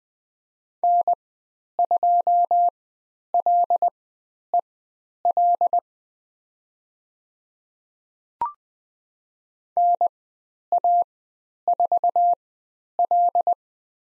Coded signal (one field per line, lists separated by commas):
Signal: Morse code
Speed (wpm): 20 wpm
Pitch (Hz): 700 Hz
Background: none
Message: N2LEL NA4L